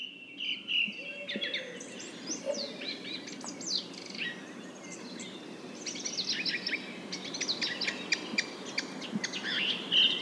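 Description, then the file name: Nightingale song, a busy mix of high whistles, rattles and sharp rising notes, with quieter overlapping phrases in the background. Several nightingales. "rossignols"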